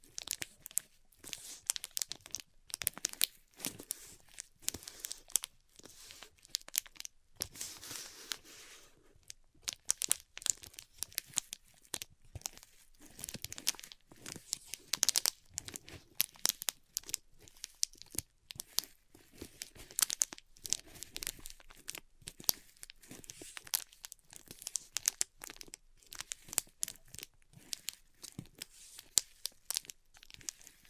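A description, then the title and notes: A band-aid is peeled and ripped off in a long run of crackly, crinkling tears. Sharp bright bursts come rapidly and irregularly for the whole half-minute, with only brief gaps, one near the ten-second mark, between dense stretches. ASMR Ripping Off the Band Aid (No Talking).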